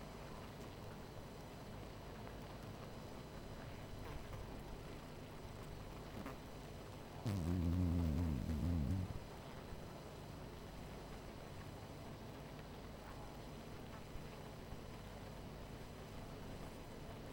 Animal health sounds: honeybee colony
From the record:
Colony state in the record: missing queen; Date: 14 July 2017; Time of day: 18:57

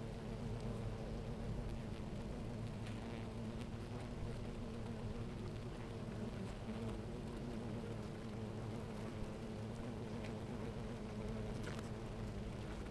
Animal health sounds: honeybee colony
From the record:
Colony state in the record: active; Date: 28 July 2017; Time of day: 10:33

